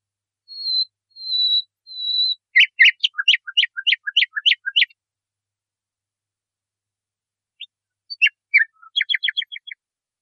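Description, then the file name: Nightingale song: three drawn-out high whistles lead into a fast, clicking stutter of notes. After a silence comes a shorter burst of similar rattling notes. Song used to train caged songbirds. "suara masteran nightingale"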